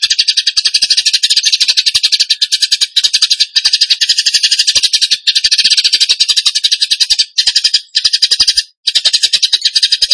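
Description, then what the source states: Bird song, a long, dense stream of fast, harsh, rattling notes with short pauses between bursts. Masteran (training recording) of a bird singing in the gacor tembakan song style.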